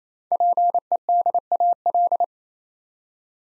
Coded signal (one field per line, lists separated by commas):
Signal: Morse code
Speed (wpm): 27 wpm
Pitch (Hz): 700 Hz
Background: none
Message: PEDAL